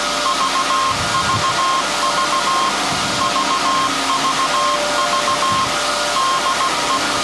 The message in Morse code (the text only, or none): VVV VVV DE